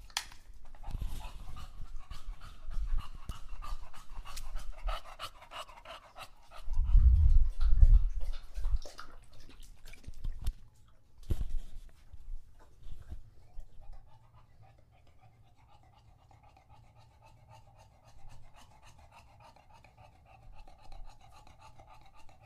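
An English bulldog laps and slurps from a water bowl, with rapid wet clicks crowding the first ten seconds and two heavy thuds around seven to eight seconds. A sharp knock comes near eleven seconds, then quieter panting and sparse licks continue over a low hum.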